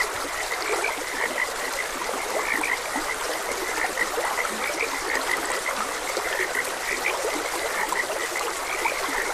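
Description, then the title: Frogs croaking in a steady chorus of short, repeated notes, with a constant rush of flowing stream water throughout. Frogs croaking beside a gentle stream. "Gentle Stream and Frogs Croaking"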